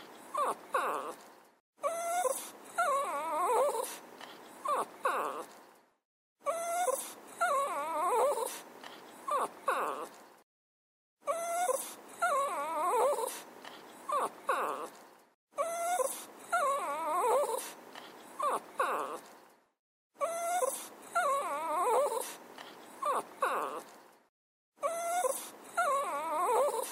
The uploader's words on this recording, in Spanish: En este episodio les traigo el sonido de un perrito llorando. Sonido de perro llorando.